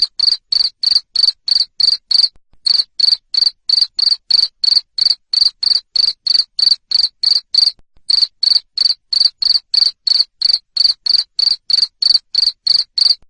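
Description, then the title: Cricket giving loud, shrill chirps in a steady fast series, roughly three each second, broken by two brief gaps. Loud cricket chirping played to stimulate lovebirds to keep singing. "Suara JANGKRIK NGERIK Keras Bikin LOVEBIRD Jadi NGEKEK Terus"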